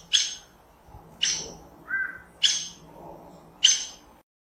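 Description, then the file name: Saffron toucan calling four loud, grating squeaks about a second apart, with a short lower note between the second and third. "Canto do aracari banana"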